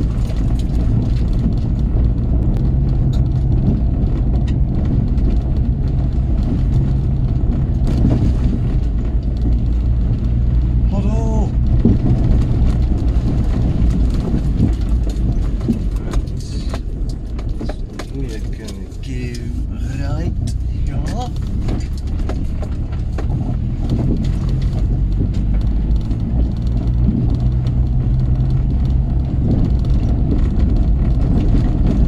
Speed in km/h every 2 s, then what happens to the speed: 26, 26, 27, 27, 24, 26, 24, 21, 15, 11, 13, 16, 21, 26, 27, 29.
0-11 steady at about 26. 11-17 slows to 11. 19-26 speeds up to 26. 26-32 steady at about 27.